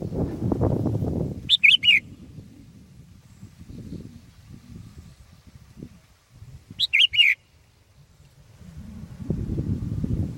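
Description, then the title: Sooty-headed bulbul singing two quick, chirpy three-note phrases roughly five seconds apart, with bursts of low rumbling noise at the start and end. "kutilang"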